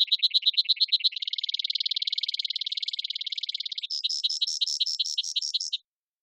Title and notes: Brewer's Sparrow, Spizella breweri, is a highly abundant Sagebrush bird of North America, yet it's more well heard than seen.